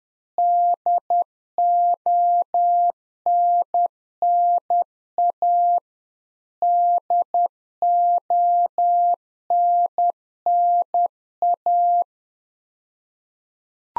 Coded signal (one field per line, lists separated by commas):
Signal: Morse code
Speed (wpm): 10 wpm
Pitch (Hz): 700 Hz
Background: none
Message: DONNA DONNA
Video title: Practice QSO - Complete One-Sided - 10wpm